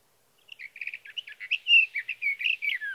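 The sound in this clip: Sage thrasher singing a long, continuous warble: quick stuttered notes at first, then louder slurred and whistled phrases, some sliding downward at the end.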